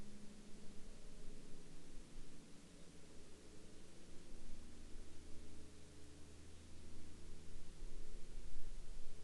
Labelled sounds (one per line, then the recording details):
man-made sound
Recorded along the Dempster Highway, Canada, on 25 April 2019 at 17:23
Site 24